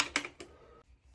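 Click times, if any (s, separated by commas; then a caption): 0.0 s, 0.2 s. After a Hibbent bidet attachment is fitted, the toilet seat's metal hinge prong is pushed into the mounting bracket at the bottom of the seat. Sharp snap clicks sound at 0.0 s and 0.2 s, followed by softer knocks, and the prong seats into place.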